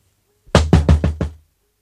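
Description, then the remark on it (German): Five quick, loud knocks on a door in an even rhythm, each a hard thump with a solid low body, then silence. “Alles Rufen und Klopfen war umsonst.”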